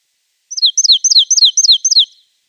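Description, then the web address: Marsh tit song: a single phrase of six repeated two-part notes, each slurring downward, delivered quickly and evenly over under two seconds. "Schulze Peter Marsh Tit"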